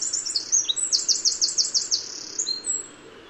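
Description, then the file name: Eurasian wren song fragment: quick, high-pitched rattling trill of evenly repeated notes ending with a couple of thin whistles, over a quiet background. "Troglodytes troglodytes"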